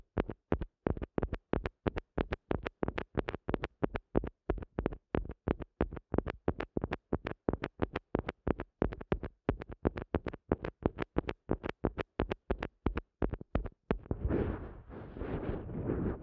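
Rapid, regular rubbing strokes for the eardrum massage, about four per second, then a denser continuous rustle over the last two seconds.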